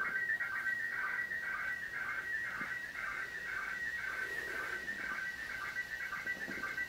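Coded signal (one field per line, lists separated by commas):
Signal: SSTV (slow-scan television)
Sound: continuous warbling, chirping tone jumping between mid pitches with regular short dips, through hiss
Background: radio static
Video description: Recording Slow Scan TV images from the International Space Station over Amateur Radio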